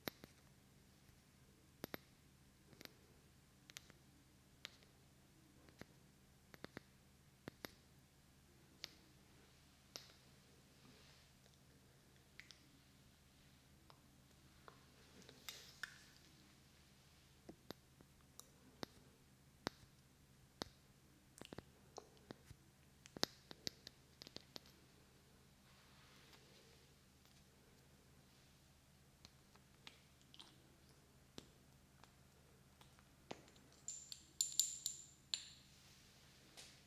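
Ear massage with lotion: sharp, crisp clicks and squishy wet taps land irregularly every second or so. Brief rubbing swells come near 15 and 25 seconds, and a denser burst near 34 seconds. A low steady hum sits underneath throughout.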